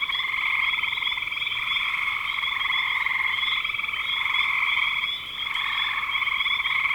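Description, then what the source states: Frogs calling together in a continuous trilling chorus, many rapid pulsed croaks blended into one high buzz that briefly thins just past five seconds. Recorded in spring 2025.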